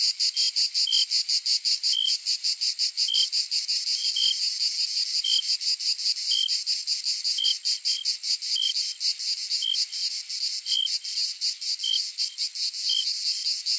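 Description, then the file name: Cicada song throughout, a rasping shrill drone beating in quick pulses, overlaid by short pure chirps at irregular intervals, sometimes in close pairs. "Cigarras"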